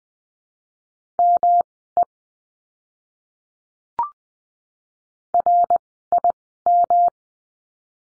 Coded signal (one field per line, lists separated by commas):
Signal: Morse code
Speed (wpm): 20 wpm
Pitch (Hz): 700 Hz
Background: none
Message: ME RIM